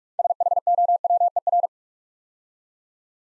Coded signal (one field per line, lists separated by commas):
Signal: Morse code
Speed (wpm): 44 wpm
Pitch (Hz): 700 Hz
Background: none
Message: SHOWER